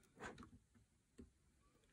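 The first DDR memory module, one of a dual-channel pair, is pressed into a motherboard DIMM slot. Soft scraping and brief taps of handling peak around 0.25 to 0.45 seconds, with another short knock near 1.2 seconds. The module has not seated or clicked into the slot yet.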